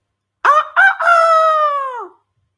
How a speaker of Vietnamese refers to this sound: Nơi xa lại là một tiếng gà gáy.